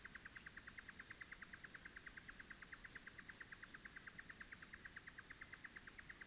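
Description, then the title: Cicada song: a steady high-pitched buzz with a fast pulsing texture, plus a lower clicking pulse repeated rapidly. Field recording made in Australia or Portugal during 2011; some recordings unaltered, others processed. "EMERGING TERRITORIES. Cicadas"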